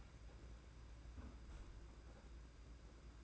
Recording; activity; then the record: daily activity, microphone in the room; close fridge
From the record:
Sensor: 2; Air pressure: 991.7 hPa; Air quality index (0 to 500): 221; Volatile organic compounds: 1000 ppm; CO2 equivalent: 7392 ppm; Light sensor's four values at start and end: 26/83/32/30 and 26/83/32/30